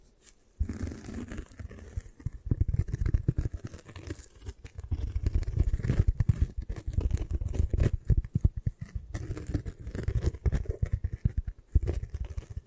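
Scratching begins after a brief quiet start and runs almost nonstop, a dense rasping of rapid, irregular strokes. The sound is mostly low and gritty with a crinkly edge, swelling and easing in bursts, with short pauses near nine and twelve seconds.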